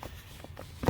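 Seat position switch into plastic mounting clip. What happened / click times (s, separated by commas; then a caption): The switch snapped into its clip / 0.9 s. On a 2008 Ram driver seat, the seat position control switch is pressed gently forward into its plastic mounting clip, with faint soft handling taps near 0.0, 0.4 and 0.6 seconds. It snaps in with a sharp, louder click at 0.9 seconds, leaving the switch seated and secured in the clip.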